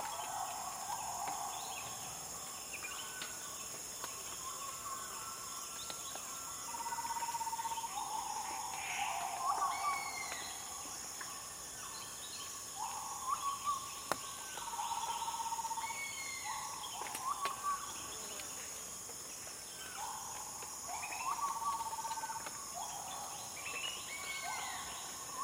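Layered jungle calls in Borneo: a constant high insect drone hums underneath throughout. Over it, a bird repeats short, low whistled notes every couple of seconds, while other birds add brief rising chirps and swoops, with a few sharp clicks scattered through.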